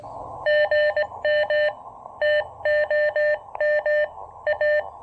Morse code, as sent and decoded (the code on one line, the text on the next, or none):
--. -- / - --- -- / .-
GM TOM A